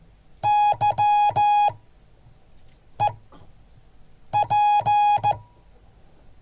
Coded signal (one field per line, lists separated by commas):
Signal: Morse code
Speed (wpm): 14 wpm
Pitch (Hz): 830 Hz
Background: music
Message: YEP